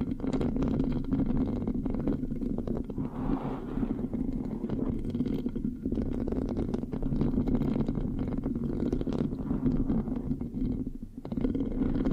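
Mic scratching with a sticky, rubbing texture runs through all twelve seconds, thick and low with a dense rumble underneath. Quick scratchy strokes crackle over it in irregular bursts, and the sound stays at an even level apart from a brief dip near eleven seconds.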